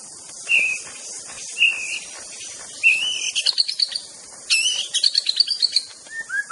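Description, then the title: White-rumped shama: separate whistled notes followed by rapid high trilled runs and soft descending slurs, over a steady high hiss. Wild bird singing in forest; natural, original song. "Kicau Asli Murai Batu Hutan"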